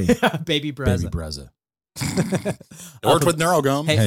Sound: laughing